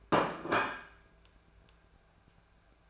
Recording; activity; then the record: daily activity, microphone in the room; place plate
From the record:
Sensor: 2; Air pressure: 1014.9 hPa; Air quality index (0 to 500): 204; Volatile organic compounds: 20 ppm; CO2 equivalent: 2694 ppm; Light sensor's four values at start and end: 8/20/8/8 and 8/19/8/8